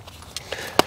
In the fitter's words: they just snap right in.